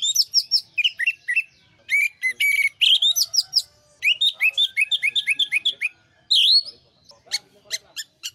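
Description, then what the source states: Orange-headed thrush in continuous varied song: quick chirps and slurred whistles, several repeated in short series, ending with a few sharp clicking notes. Indonesian name anis merah; song used as a master recording for training birds.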